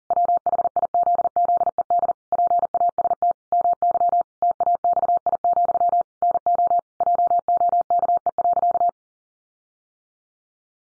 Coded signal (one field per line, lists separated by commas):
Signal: Morse code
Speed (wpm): 40 wpm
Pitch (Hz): 700 Hz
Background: none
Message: WHIZZED PAST MY TAXI, NO JOKE.